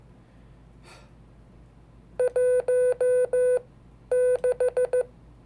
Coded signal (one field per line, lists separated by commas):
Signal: Morse code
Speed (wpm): 15 wpm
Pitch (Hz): 500 Hz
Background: none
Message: 16